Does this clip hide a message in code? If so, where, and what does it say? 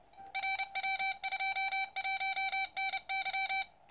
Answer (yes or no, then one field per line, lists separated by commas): yes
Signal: Morse code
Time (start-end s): 0.4-3.6 s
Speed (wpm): 32 wpm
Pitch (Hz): 2300 Hz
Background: none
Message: RW21NY